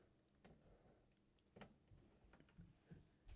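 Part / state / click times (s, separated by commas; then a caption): wire connector pin into laser controller plug housing / seated / 1.6 s. Air assist relay wire connector pins on a OneLaser Hydra laser are pushed back into the laser controller's plug housing. A sharp snap at 1.6 s marks the connector seating in place, with softer handling ticks around it.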